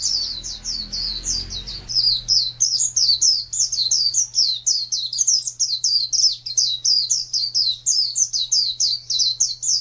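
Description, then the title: White-eye song: a busy, high twittering warble running throughout, with a low rumbling noise in the first two seconds and a steady hum after. "Pleci. suara"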